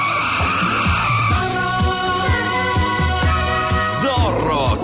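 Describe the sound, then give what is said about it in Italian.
A man arrives riding a motorcycle, its engine roaring loudly and steadily, its pitch surging upward near the end, while tires screech and skid through the whole stretch with no voices present. “Un solo uomo è in grado di porre fine a questi soprusi e arriva in sella ad una rombante motocicletta.”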